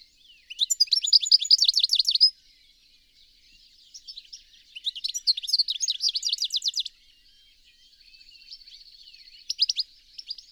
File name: Carduelis carduelis